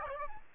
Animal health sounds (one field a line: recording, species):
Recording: mosquito wingbeat signal from an infrared sensor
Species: Aedes aegypti